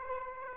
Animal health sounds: mosquito wingbeat signal from an infrared sensor; Aedes aegypti

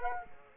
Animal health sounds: mosquito wingbeat signal from an infrared sensor; Aedes aegypti

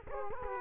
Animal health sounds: mosquito wingbeat signal from an infrared sensor; Culex quinquefasciatus

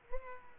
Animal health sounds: mosquito wingbeat signal from an infrared sensor; Culex pipiens

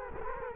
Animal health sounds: mosquito wingbeat signal from an infrared sensor; Culex quinquefasciatus

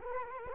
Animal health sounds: mosquito wingbeat signal from an infrared sensor; Culex quinquefasciatus

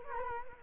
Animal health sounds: mosquito wingbeat signal from an infrared sensor; Culex quinquefasciatus

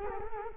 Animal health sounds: mosquito wingbeat signal from an infrared sensor; Culex quinquefasciatus

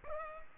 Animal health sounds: mosquito wingbeat signal from an infrared sensor; Culex pipiens

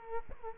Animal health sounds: mosquito wingbeat signal from an infrared sensor; Culex quinquefasciatus

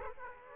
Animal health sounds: mosquito wingbeat signal from an infrared sensor; Aedes aegypti

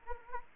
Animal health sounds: mosquito wingbeat signal from an infrared sensor; Anopheles arabiensis

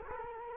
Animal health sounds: mosquito wingbeat signal from an infrared sensor; Culex quinquefasciatus

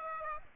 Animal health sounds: mosquito wingbeat signal from an infrared sensor; Aedes aegypti

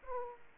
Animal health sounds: mosquito wingbeat signal from an infrared sensor; Aedes aegypti

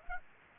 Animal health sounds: mosquito wingbeat signal from an infrared sensor; Aedes aegypti

